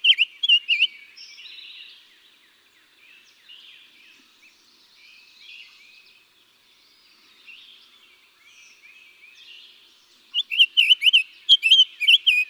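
Summer tanager song: short runs of slurred, burry whistles open and close the recording, with soft twittering filling the quiet middle.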